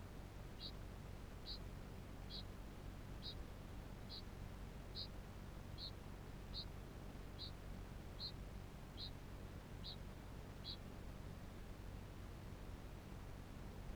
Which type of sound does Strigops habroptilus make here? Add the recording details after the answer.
ching call. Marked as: faintness 3/5. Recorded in New Zealand. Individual Barnard